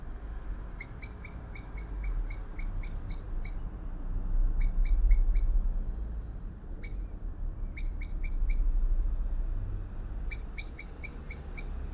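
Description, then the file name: Eurasian blackbird giving rapid runs of sharp, ticking high notes in four or five bursts separated by short pauses, with a low background rumble throughout. "Turdus merula"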